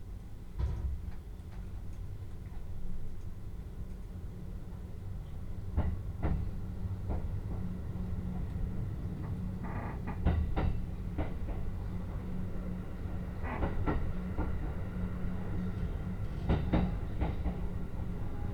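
A ride on the Utsunomiya Line train, with a steady low rumble and hum running throughout. Sharp clattering knocks from the wheels and rails come in clusters, around the one, six, ten to eleven, fourteen and seventeen second marks, over the constant drone.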